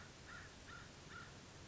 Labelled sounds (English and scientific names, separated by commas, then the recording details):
American Crow (Corvus brachyrhynchos)
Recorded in Sonoma County, California